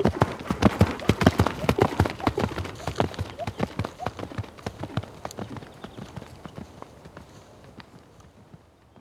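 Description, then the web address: Horse gallop, heavy thumping hoofbeats at a steady fast rhythm, loud at first and then fading away over the last seconds. Horse galloping past on grass. "horse gallop by on grass"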